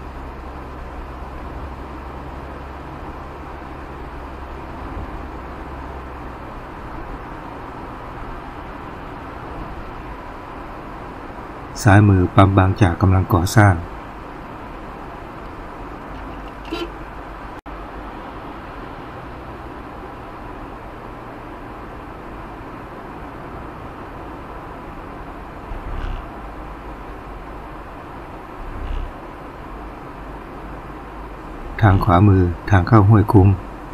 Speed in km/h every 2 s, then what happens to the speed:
58, 61, 64, 65, 65, 65, 64, 62, 60, 58, 60, 61, 60, 59, 58, 57, 56.
0-5 speeds up to 65. 5-10 steady at about 65. 10-17 slows to 58. 17-34 steady at about 58.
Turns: none.